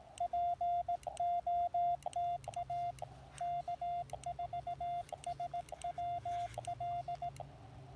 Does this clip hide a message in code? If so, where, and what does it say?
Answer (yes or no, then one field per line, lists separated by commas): yes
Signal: Morse code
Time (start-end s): 0.2-7.3 s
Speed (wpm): 18 wpm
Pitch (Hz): 700 Hz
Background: none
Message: POTA K4SWL